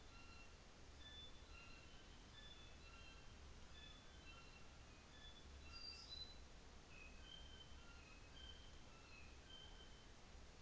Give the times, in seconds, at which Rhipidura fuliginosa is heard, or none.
none